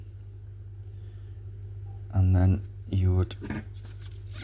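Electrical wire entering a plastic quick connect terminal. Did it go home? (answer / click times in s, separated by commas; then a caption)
no / none. An electrical wire is pushed through the hole into the little metal contacts inside a plastic quick connect terminal, before its lever is squeezed shut. Someone talks in short bursts over a steady low hum, with faint handling rustle. Nothing has seated or clicked yet.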